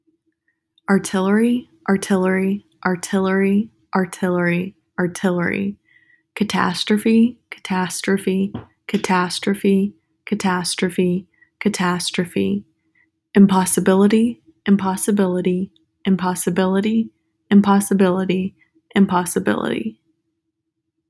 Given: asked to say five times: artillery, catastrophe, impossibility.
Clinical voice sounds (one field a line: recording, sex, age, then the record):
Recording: three words, each repeated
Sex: female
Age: 20 to 29 years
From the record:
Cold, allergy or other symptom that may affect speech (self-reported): no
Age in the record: 22 years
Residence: Texas, United States